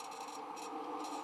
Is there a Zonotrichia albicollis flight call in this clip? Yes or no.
no